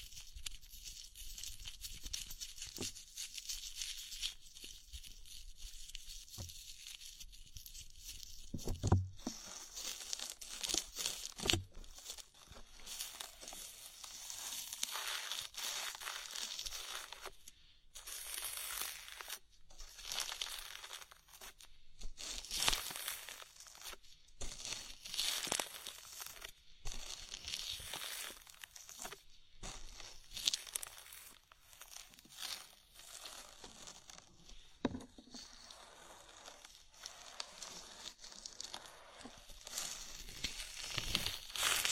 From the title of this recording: Body oil massage and bubble bath